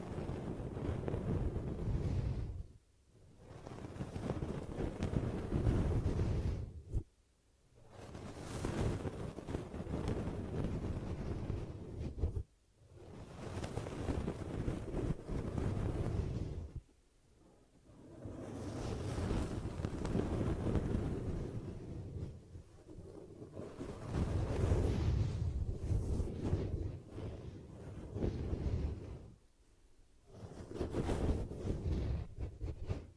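Hands cup over the ears in repeated muffled bursts, each a dense, low rushing whoosh lasting a few seconds. Brief near-silent gaps break it up roughly every four to five seconds, around 3, 7, 12, 17, 23 and 29 seconds.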